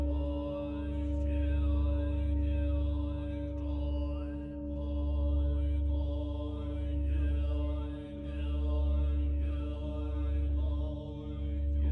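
A deep, steady drone of Buddhist chanting swells and fades in slow waves about every two seconds, with a faint ringing bell tone sustained above.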